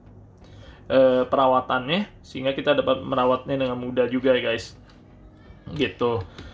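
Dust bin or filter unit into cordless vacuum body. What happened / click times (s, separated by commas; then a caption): Handled, not yet seated: no click from the part / none. A removable dust bin or filter unit of a Dreame T20 cordless vacuum is being handled for refitting into the vacuum body. Someone talks over background music throughout. Nothing has seated or clicked into place yet.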